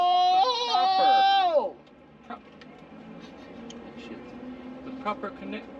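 During a car's wiring work, a wiring harness connector is handled near its mating plug. Someone talks loudly at the start, followed by quieter handling with a few faint ticks. Nothing has seated or clicked yet.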